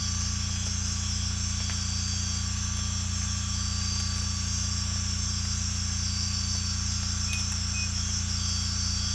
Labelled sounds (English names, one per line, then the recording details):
none
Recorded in secondary vegetation near Puerto Asís, Putumayo, Colombia, on 18 December 2024 at 04:00
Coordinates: 0.485, -76.322
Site GP08